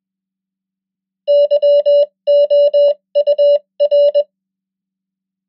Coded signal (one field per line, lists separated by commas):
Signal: Morse code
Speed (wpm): 21 wpm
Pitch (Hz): 580 Hz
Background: none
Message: YOUR